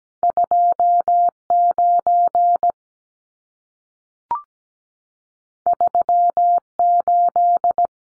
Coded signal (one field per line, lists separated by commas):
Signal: Morse code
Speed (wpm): 17 wpm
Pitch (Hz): 700 Hz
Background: none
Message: 29 38